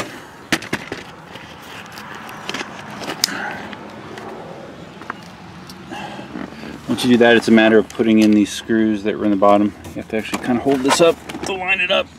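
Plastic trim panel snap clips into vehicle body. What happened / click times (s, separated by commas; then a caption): The plastic trim clips snapped home / 0.5 s, 3.2 s. A plastic trim panel is pressed back onto a vehicle body, its snap clips engaging with sharp clicks at 0.5 s and 3.2 s amid quieter handling noises. The panel is seated, and then someone talks.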